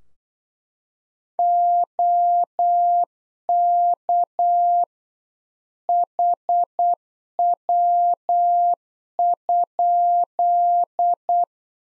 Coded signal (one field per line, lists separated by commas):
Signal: Morse code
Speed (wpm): 8 wpm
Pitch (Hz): 700 Hz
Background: none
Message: OK HW?